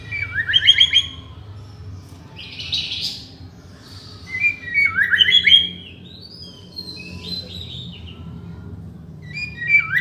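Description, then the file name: White-rumped shama song in short separate bursts of bright slurred whistles and chattery notes, with quiet gaps between phrases over a low background hum. From Borneo. "murai batu borneo"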